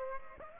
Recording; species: mosquito wingbeat signal from an infrared sensor; Aedes aegypti